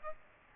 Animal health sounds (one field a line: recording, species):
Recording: mosquito wingbeat signal from an infrared sensor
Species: Aedes aegypti